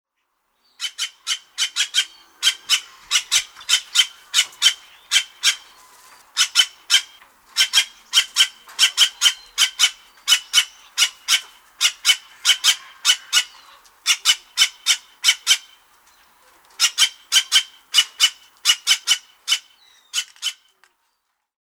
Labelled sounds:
White-tailed Jay
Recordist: Tembrock, Günter
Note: Rufreihe

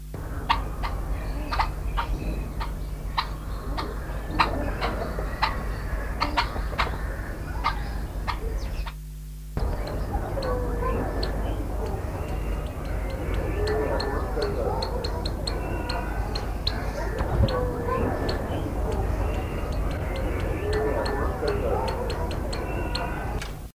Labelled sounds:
Scarlet-headed Blackbird call
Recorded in captivity
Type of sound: call
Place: Zoo Amsterdam, NL
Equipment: Halbspur, 9,5 cm/s
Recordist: Lütgens, Hans
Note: Rufe

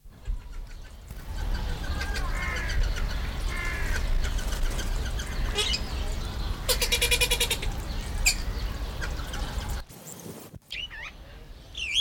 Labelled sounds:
Blue-billed Teal call
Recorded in captivity
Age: adult
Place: Zoo Berlin, Berlin, DE
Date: 1993-06-05
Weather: 20-25 °C, sonnig
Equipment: Marantz CP 430, Sennheiser ME 80, Kopie Uher Variocord 263
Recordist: Tembrock, Günter

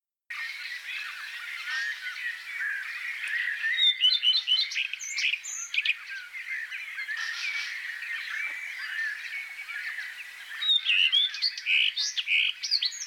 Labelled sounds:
Common Redstart song
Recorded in the wild
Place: Oberrotweil am Kaiserstuhl / Bickensohl, Baden-Württemberg, DE
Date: 1984-06-11
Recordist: Schwarz, Dieter
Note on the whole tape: Song

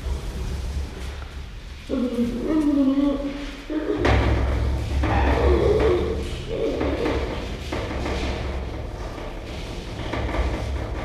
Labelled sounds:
Western Gorilla call
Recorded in captivity
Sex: male
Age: juvenile
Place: Zoo Rostock, Mecklenburg-Vorpommern, DE
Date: 1975-12-05 10:05
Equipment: Uher CR 210, Sennheiser MD 421, Verstärker, Kopie Unitra ZK 246
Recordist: Tembrock, Günter

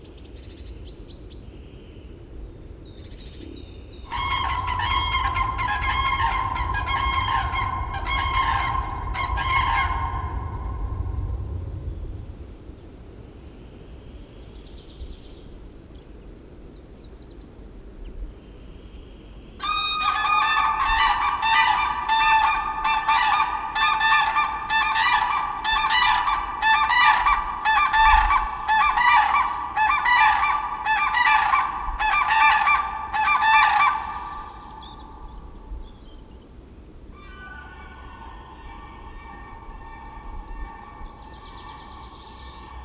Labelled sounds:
Demoiselle Crane call
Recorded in the wild
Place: Groß Nemerow, Mecklenburg-Vorpommern, DE
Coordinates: 53.448, 13.219
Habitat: Forest
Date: 1982-03-23
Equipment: Nagra III BH, Sennheiser MD 21, parabola
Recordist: Schubert, Michael
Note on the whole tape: Rufendes Kranich-Paar, ein weiteres antwortet von ferne aus dem Wald (Brutgebiet)

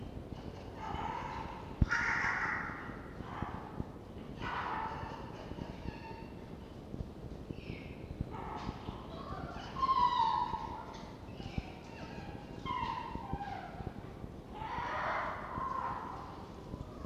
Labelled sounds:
Red Fox
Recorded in captivity
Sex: group
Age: adult
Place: Zoologisches Institut der HUB, Berlin, DE
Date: 1952-04-27 12:10
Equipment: Elmetra
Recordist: Tembrock, Günter

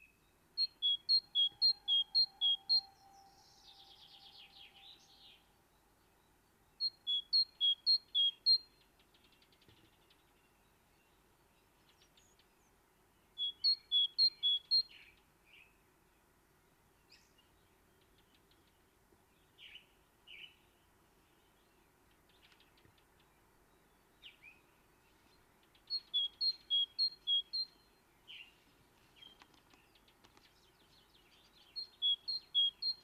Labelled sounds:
Great Tit song
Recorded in the wild
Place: Garmisch-Partenkirchen, Bayern, DE
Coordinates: 47.4892, 11.1467
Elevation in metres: 956
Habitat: mountains
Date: 1973-04-26
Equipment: Nagra IV, Sennheiser MKH 405, Parabolreflektor
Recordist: Tretzel, Erwin

